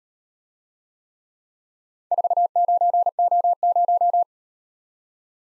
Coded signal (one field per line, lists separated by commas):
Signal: Morse code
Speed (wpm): 38 wpm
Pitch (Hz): 700 Hz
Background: none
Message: 49O0